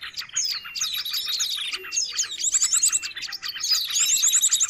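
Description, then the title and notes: Bird chorus of dense high chirps and short trills in busy bursts, with a faint sustained tone in the background. Noisy bird chatter, intended as a lure for catching birds. "Master Burung Ribut. Burung Ribut Pikat"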